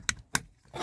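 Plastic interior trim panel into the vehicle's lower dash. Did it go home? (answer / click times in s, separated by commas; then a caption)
yes / 0.1 s, 0.4 s. A plastic interior trim panel is pushed back into the lower dash of a 2025 Toyota Sienna Hybrid after the ground wire of a hardwired Thinkware dash cam is secured under the dash. Two sharp clicks ring out at 0.1 s and 0.4 s as the panel's retaining clips snap home, followed by a softer broadband rustle near the end. The panel is seated.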